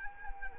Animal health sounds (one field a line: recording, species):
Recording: mosquito wingbeat signal from an infrared sensor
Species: Anopheles arabiensis